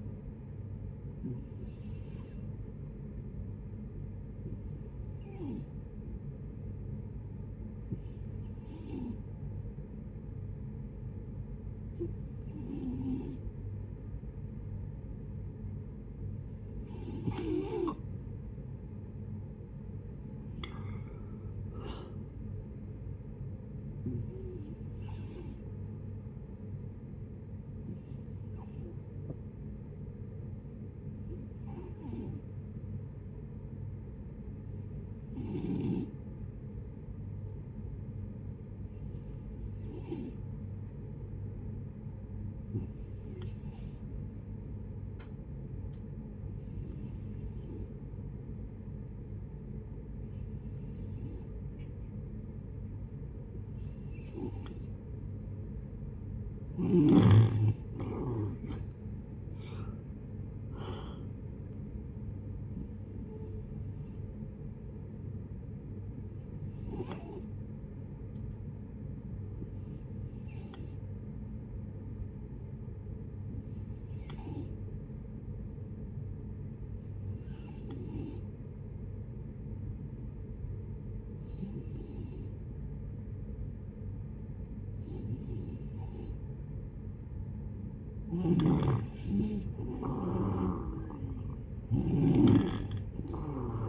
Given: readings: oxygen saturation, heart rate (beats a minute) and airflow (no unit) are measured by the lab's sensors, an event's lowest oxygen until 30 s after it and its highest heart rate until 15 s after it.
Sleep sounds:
breathing in sleep by a smartphone at the bedside; 3
5.00-20.40 s: hypopnea (N1, oxygen 92% highest, then 89% lowest, heart rate 73 at the start, 75 highest)
28.00-56.10 s: hypopnea (N1, oxygen 93% highest, then 86% lowest, heart rate 69 at the start, 78 highest)
45.00-93.88 s: new sleep stage, N2 (light sleep)
63.00-86.30 s: hypopnea (N2, oxygen 93% highest, then 86% lowest, heart rate 78 at the start, 78 highest)
From the record:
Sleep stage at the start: N1 (lightest sleep); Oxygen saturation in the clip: 83 to 93%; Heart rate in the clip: 58 to 78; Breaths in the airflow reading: 26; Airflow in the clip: -11.8 to 12.8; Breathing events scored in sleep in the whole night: 496 in 5.4 hours asleep

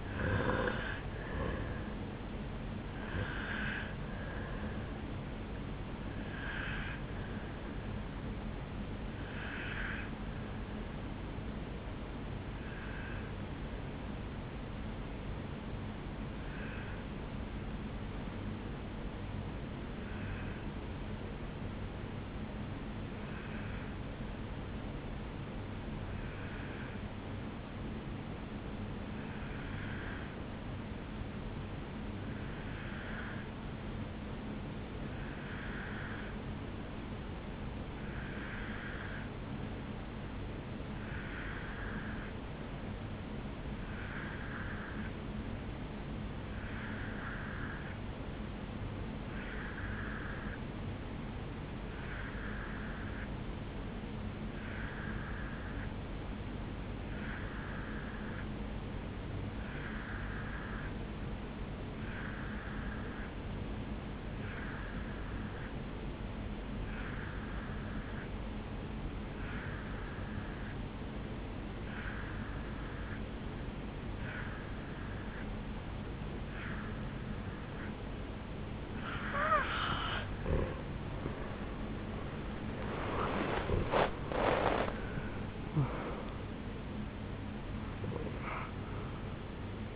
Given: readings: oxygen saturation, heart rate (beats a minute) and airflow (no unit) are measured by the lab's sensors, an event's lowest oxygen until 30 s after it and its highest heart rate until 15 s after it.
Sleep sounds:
breathing in sleep by a voice recorder at the bedside; 1
13.00-79.40 s: obstructive apnea (N2, oxygen 97% highest, then 84% lowest, heart rate 57 at the start, 82 highest)
74.00-89.96 s: new sleep stage, N1 (lightest sleep)
From the record:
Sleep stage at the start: N2 (light sleep); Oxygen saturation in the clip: 83 to 97%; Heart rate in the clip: 57 to 82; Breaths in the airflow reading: 4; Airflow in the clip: -11.4 to 11.5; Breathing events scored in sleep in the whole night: 449 in 7.0 hours asleep

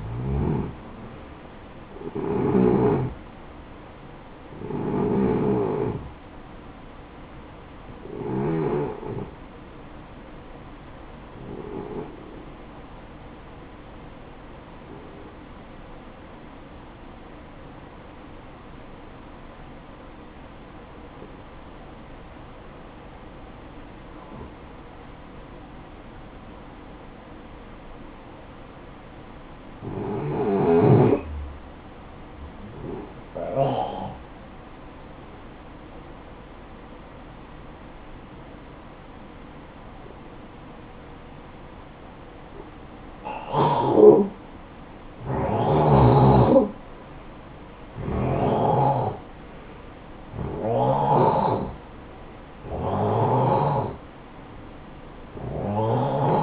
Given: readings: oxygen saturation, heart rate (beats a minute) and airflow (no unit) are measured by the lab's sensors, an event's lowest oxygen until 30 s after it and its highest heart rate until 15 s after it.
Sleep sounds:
breathing in sleep by a voice recorder at the bedside; 1
5.00-56.43 s: new sleep stage, N1 (lightest sleep)
11.00-46.70 s: hypopnea (N1, oxygen 96% highest, then 89% lowest, heart rate 59 at the start, 68 highest)
From the record:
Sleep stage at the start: N2 (light sleep); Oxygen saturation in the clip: 89 to 96%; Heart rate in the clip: 54 to 74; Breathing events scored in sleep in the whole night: 573 in 9.8 hours asleep

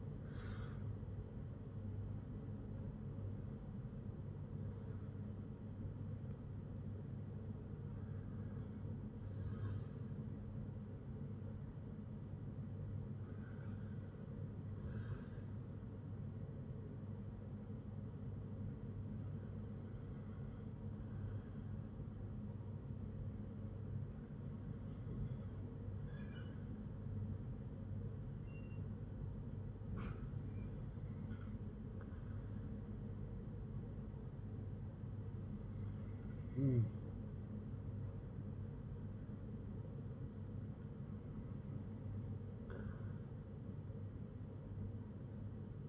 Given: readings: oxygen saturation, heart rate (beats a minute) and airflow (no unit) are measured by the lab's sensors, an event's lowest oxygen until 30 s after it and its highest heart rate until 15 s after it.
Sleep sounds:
breathing in sleep by a smartphone at the bedside; 1
22.00-41.40 s: hypopnea (N1, oxygen 97% highest, then 94% lowest, heart rate 60 at the start, 64 highest)
22.00-45.89 s: new sleep stage, N2 (light sleep)
From the record:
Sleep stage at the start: N1 (lightest sleep); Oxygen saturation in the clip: 93 to 97%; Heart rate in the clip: 57 to 84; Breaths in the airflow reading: 9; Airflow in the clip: -8.7 to 8.9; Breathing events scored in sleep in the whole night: 182 in 7.4 hours asleep

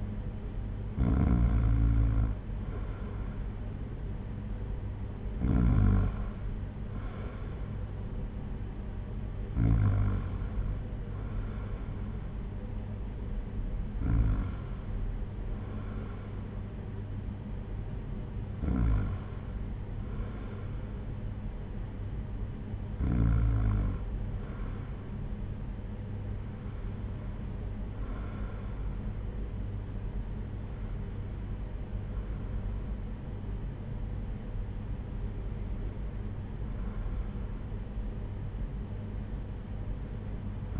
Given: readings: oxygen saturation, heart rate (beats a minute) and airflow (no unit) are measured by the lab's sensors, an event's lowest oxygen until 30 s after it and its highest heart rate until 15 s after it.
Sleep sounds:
breathing in sleep by a smartphone at the bedside; none
none scored
From the record:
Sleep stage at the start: N2 (light sleep); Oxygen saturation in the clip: 94%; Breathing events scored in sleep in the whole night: 226 in 8.8 hours asleep

